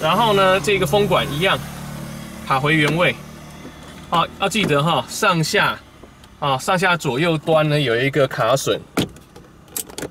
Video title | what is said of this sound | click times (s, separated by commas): 007翻新中古車第二彈 BMW e46 318i（下） | 的，叫啪一声哈，就卡好了。 | 9.8 s, 10.0 s